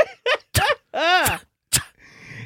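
An adult woman imitates her own sneezes with a run of short, breathy sneeze bursts, the way she sneezes about seven times in a row.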